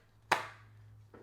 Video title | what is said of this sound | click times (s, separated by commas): The BRAND NEW Andar Aspen Togo Leather Case for iPhone 15 Pro Max! | Pretty decent click onto the case. | 0.3 s